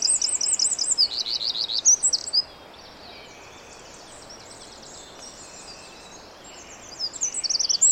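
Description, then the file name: Eurasian wren song: high, fast trills for two seconds, a quiet stretch of faint twitters, then another trilled burst at the end. "Troglodytes troglodytes"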